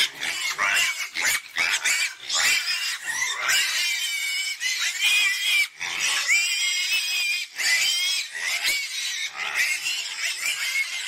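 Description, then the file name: Pig squealing in long, shrill, harmonic screams, broken by brief gaps, with a few short rasping squeals at the start. "Tieng heo keu"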